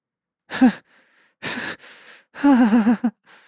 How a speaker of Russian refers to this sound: Палач по принуждению тяжело дышала, не решаясь оторвать свой ошеломленный взгляд от безжизненных глаз монстра.